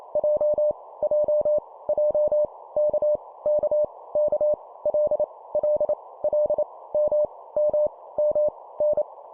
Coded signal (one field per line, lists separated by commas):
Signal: Morse code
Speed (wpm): 28 wpm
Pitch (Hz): 600 Hz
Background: none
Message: J J J K K K L L L M M M N